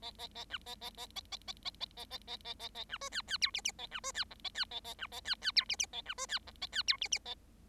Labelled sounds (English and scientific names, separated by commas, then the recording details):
Bengalese Finch (Lonchura striata domestica) song
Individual Bird7